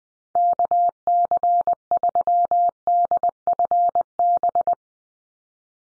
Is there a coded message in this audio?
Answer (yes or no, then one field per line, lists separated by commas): yes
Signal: Morse code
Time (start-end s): 0.4-4.7 s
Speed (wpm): 20 wpm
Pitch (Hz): 700 Hz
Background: none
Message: KC3DFB